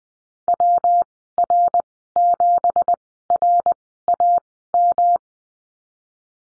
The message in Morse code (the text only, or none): WR7RAM